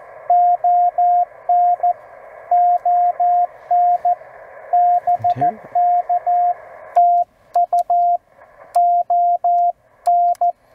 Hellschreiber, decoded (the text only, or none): none